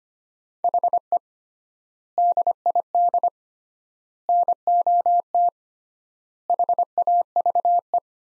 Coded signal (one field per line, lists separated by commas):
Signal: Morse code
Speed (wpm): 25 wpm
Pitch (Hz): 700 Hz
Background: none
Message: HE DID NOT HAVE